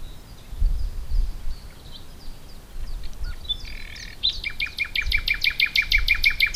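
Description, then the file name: Common nightingale song: soft scattered notes build into a loud run of rapidly repeated throbbing pulses, over a low background rumble. "Luscinia megarhynchos"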